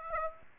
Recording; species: mosquito wingbeat signal from an infrared sensor; Aedes aegypti